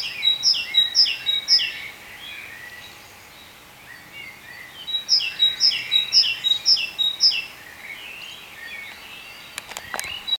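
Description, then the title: Bird calls in two bursts of sharp, high chirps with lower twittering between, a quiet gap, and a few clicks near the end. "cizici, birds"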